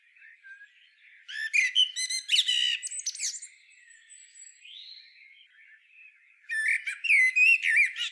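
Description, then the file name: Common blackbird song: a burst of fluted and squeaky notes, a soft slurred whistle in the pause, then another warbled phrase with high twitters. "Turdus merula"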